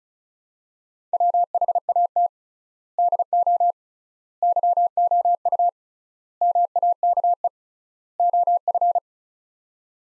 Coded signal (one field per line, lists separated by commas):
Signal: Morse code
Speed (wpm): 36 wpm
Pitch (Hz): 700 Hz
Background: none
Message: WHAT DO YOU MAKE OF